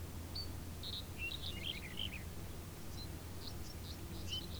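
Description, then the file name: Several birds give short high chirps and twittering phrases in quick succession over a constant low droning background. Field ambience with birds. "Background of a Field with Birds"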